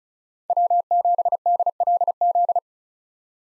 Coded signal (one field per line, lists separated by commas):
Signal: Morse code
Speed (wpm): 34 wpm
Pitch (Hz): 700 Hz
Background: none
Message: W7DLZ